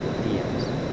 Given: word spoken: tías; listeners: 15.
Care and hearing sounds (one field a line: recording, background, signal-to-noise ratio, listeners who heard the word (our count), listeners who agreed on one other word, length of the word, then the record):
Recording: one Spanish word in noise, from a listening test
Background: speech-shaped noise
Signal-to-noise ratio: -6.3 dB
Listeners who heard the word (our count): 3 of 15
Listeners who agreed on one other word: 10 of 15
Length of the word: 0.53 s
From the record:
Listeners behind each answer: 10, 3, 1, 1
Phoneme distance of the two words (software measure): 10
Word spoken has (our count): 2 syllables, 4 phonemes, stress on syllable 1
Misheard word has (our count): 2 syllables, 4 phonemes, stress on syllable 1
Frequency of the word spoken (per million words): 4.62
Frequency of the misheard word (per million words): 492.55